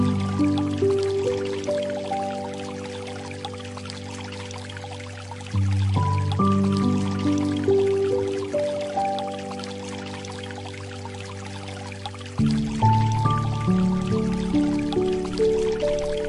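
Gentle light music plays over a steady bed of flowing water. Soft sustained notes climb one by one and ring on, with the phrase starting afresh at about 6 and 12 seconds, while the water's hiss stays even underneath throughout.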